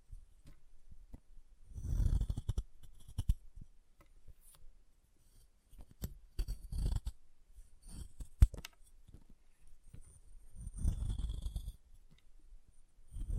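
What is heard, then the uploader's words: Chalk being carved and cut, with rough scraping strokes that swell around two, seven and eleven seconds, their gritty rasp heaviest in the low range. Short sharp clicks and taps are scattered between the strokes, with quiet pauses in between. ASMR Chalk Carving and Cutting Sounds (No Talking).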